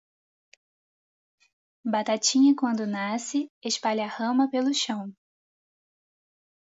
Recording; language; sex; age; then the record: short text; Brazilian Portuguese; female; 20 to 29 years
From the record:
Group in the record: control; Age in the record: 26 years